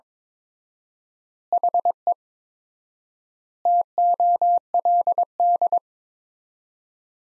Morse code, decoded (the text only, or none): HE TOLD